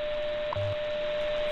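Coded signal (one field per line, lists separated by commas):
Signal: radio time signal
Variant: WWV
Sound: steady mid-pitch tone broken by short ticks one second apart, brief low hum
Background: radio static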